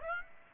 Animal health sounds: mosquito wingbeat signal from an infrared sensor; Aedes aegypti

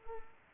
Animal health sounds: mosquito wingbeat signal from an infrared sensor; Culex pipiens

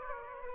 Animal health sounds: mosquito wingbeat signal from an infrared sensor; Aedes aegypti

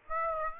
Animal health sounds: mosquito wingbeat signal from an infrared sensor; Aedes aegypti

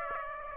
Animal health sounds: mosquito wingbeat signal from an infrared sensor; Aedes aegypti

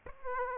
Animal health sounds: mosquito wingbeat signal from an infrared sensor; Aedes aegypti

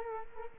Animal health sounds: mosquito wingbeat signal from an infrared sensor; Culex quinquefasciatus

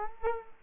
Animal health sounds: mosquito wingbeat signal from an infrared sensor; Culex quinquefasciatus

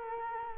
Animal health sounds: mosquito wingbeat signal from an infrared sensor; Culex quinquefasciatus

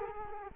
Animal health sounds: mosquito wingbeat signal from an infrared sensor; Culex quinquefasciatus

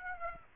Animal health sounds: mosquito wingbeat signal from an infrared sensor; Aedes aegypti

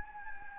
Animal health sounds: mosquito wingbeat signal from an infrared sensor; Anopheles gambiae

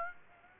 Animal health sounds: mosquito wingbeat signal from an infrared sensor; Aedes aegypti

